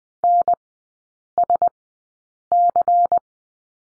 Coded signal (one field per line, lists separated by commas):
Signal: Morse code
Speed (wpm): 20 wpm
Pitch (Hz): 700 Hz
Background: none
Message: NSC